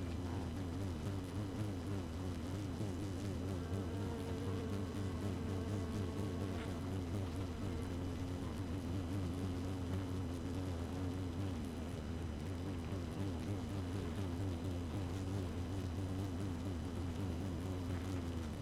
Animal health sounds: honeybee colony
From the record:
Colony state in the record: active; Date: 12 June 2018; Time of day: 5:02

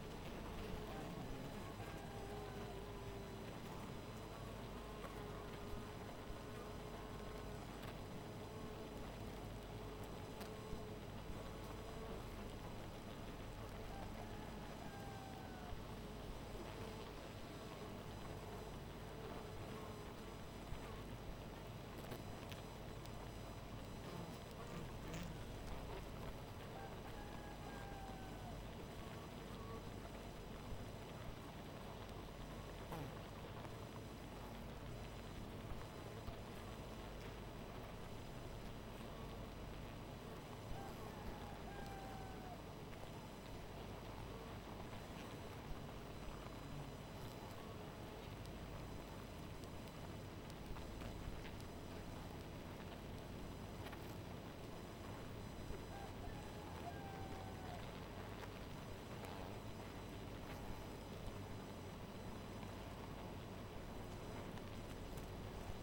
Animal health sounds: honeybee colony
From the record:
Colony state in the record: missing queen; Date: 14 July 2017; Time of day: 1:53

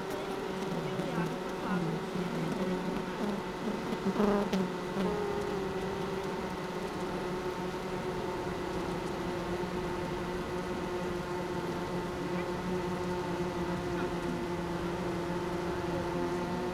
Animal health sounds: honeybee colony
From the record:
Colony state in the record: missing queen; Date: 31 May 2018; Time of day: 16:08

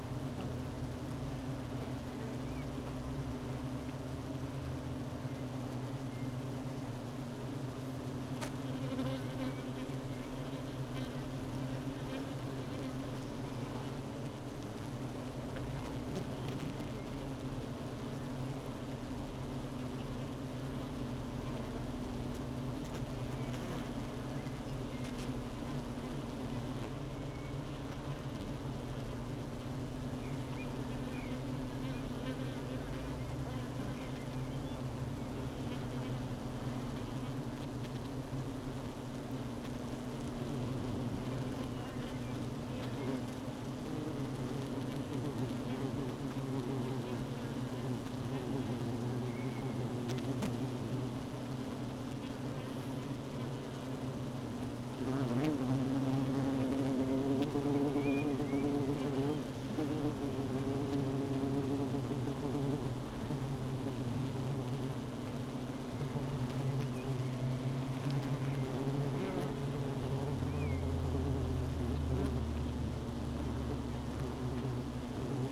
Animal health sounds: honeybee colony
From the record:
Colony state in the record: missing queen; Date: 31 May 2018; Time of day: 12:40

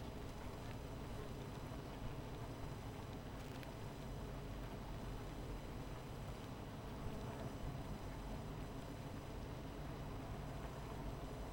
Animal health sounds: honeybee colony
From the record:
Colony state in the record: missing queen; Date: 14 July 2017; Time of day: 16:54

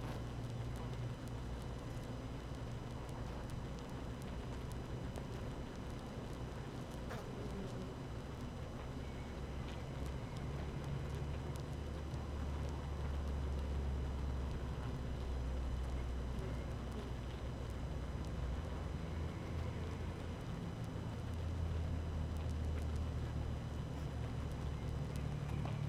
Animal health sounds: honeybee colony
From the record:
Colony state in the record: active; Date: 12 June 2018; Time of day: 7:31

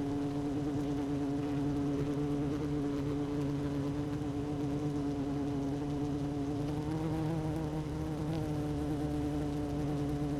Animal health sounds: honeybee colony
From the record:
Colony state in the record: active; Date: 12 June 2018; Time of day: 16:32

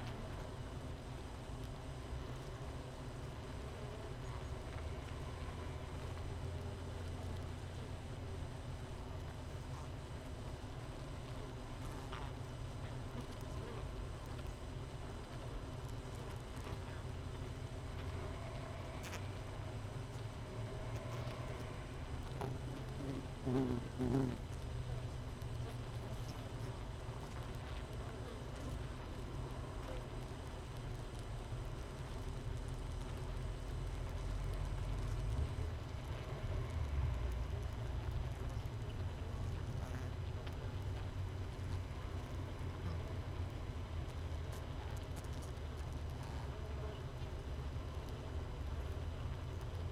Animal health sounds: honeybee colony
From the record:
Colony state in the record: missing queen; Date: 31 May 2018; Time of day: 5:53

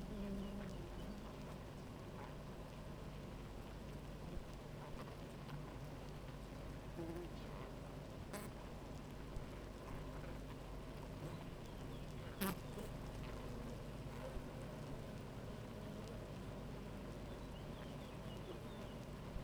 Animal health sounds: honeybee colony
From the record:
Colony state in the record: active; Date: 28 July 2017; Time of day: 9:38

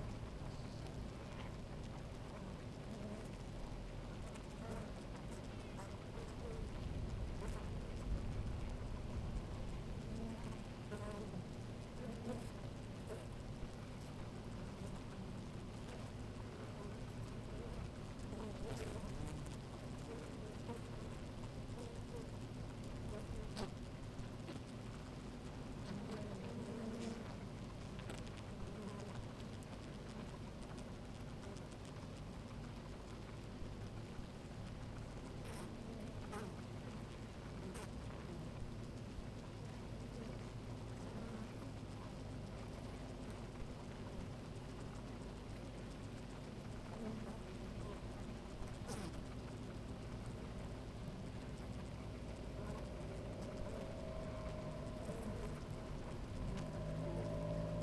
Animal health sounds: honeybee colony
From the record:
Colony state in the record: active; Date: 28 July 2017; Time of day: 10:35

